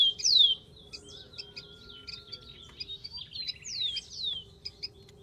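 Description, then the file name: Rufous-collared sparrow gives a bright falling whistle, then a busy mix of high chirps and a brief dry trill, with more slurred whistles near the end. "canto do tico tico"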